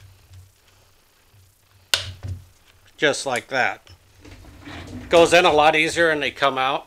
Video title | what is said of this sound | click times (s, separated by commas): Homelite Weed Eater Throttle Repair | this here should just slide down in there and pop into place just like | 1.9 s